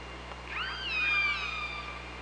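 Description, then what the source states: Killer whale call, layered harmonic tones bending upward and then gently downward over about a second and a half, with steady background hiss and hum. Recorded on the OrcaLab hydrophone, 24 August 2017, around 05:45.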